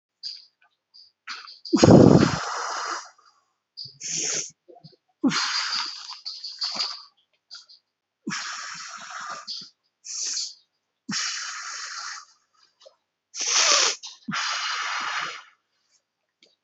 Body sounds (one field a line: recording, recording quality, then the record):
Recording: deep breathing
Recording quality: excellent, no background noise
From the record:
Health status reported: COVID-19 positive, moderate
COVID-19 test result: positive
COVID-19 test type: RT-PCR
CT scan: not taken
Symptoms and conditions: cough, fatigue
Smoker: no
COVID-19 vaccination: none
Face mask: not worn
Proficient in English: no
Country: India